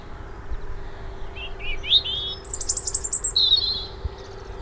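Robin song: thin, high, varied warbled phrases with quick sweeping notes and a trilled run, over a steady low hum.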